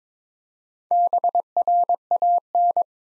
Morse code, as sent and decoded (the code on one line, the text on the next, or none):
-... .-. .- -.
BRAN